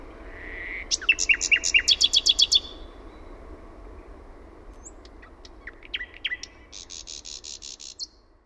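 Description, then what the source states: Common nightingale singing a fast run of sharp piping notes, then sparse single notes and a buzzy repeated series at the end. Own recording made in Finland.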